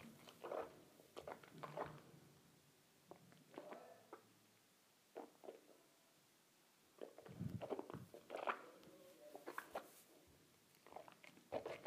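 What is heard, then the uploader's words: Water is swished around in a mouth, coming as wet, gurgling sloshes in short bursts. Busier clusters arrive near the start, around seven to nine seconds and toward the end, separated by brief quiet pauses with soft smacking and clicking sounds. ASMR Swishing Water in my Mouth.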